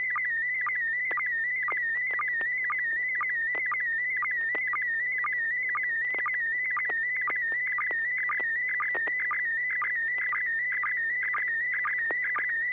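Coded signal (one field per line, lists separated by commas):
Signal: SSTV (slow-scan television)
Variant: PD120 mode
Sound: warbling whistle around 2 kHz with rapid regular ticking chirps, steady low hum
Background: low hum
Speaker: uh Bill thank you yes I do so it's uh pd120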